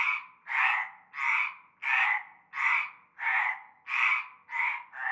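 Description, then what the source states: Frog calling with loud grating croaks, roughly eight evenly spaced pulses, each swelling and fading, nothing else audible. Frog chorus starting at nightfall in a large concrete basin with stagnant greenish water, Avenue Cante Coucou, Groupède, La Ciotat, Bouches-du-Rhône, Provence, France.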